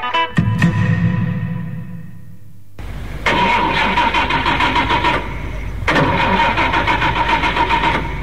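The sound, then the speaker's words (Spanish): A stalled car's engine cranks repeatedly, sputtering and grinding as it struggles to catch, with bursts of harsh mechanical churning separated by a brief pause and no voices. “Chicos, ¿me dan una mano? Que se me quedó el auto.”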